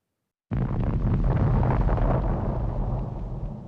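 A dull, heavy boom like cannon fire, coming from the sea far away, breaks a brief silence, then rolls on as a deep, sustained rumble that slowly fades over a few seconds.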